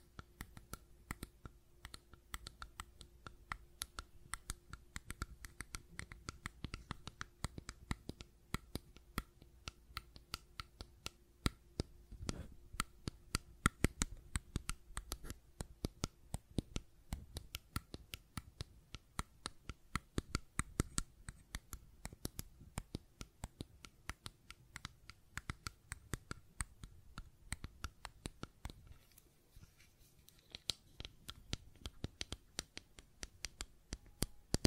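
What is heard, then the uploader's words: Fidget cube tapping and clicking fills the recording with dense, sharp, dry clicks in quick irregular bursts. A faint steady hum runs underneath for the first fifteen seconds, and the clicking briefly thins out near thirty seconds. ASMR Fidget Cube Tapping and Clicking Sounds (No Talking).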